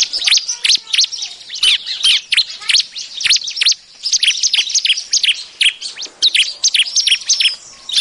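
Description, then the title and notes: Prinia song: busy stream of high, sharp chirps and short trills, densely packed and continuous with a few brief breaks. Compilation of ciblek/prenjak song, intended as a master (tutor) recording for training songbirds. "Kompilasi Suara Ciblek Prenjak Cocok Untuk Masteran. Kicau Burung Prenjak Ciblek"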